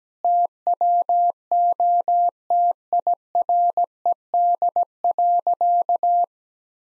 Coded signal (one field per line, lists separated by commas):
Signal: Morse code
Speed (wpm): 17 wpm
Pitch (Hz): 700 Hz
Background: none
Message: TWO TIRED.